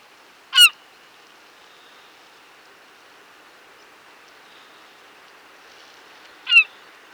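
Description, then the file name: European herring gull calls: two short, harsh, sharply inflected notes about six seconds apart, with steady faint hiss between them. "ezustsiraly hangja"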